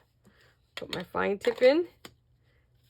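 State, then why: Seated. Someone talks while pushing a fine plastic glue tip into the holder of a glue press. A short, sharp click at 2.0 seconds is the tip clicking into the holder, so its neck sits past the holder and the tip is seated.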